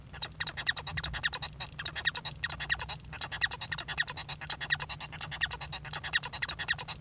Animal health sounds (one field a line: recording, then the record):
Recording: song of a male Bengalese finch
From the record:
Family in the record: son of father 1